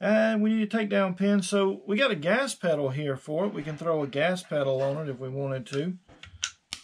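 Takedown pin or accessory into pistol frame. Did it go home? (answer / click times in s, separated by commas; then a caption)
yes / 6.4 s, 6.7 s. Someone talks while working on a Sig Sauer P320 pistol frame, then gives a part, either the takedown pin or an accessory, a little snap into the frame. Sharp clicks sound at 6.4 s and 6.7 s as the part seats in the frame.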